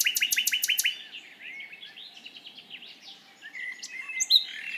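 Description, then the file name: Common nightingale song opening with a fast series of loud repeated notes for about a second, followed by fainter varied notes. "Luscinia megarhynchos"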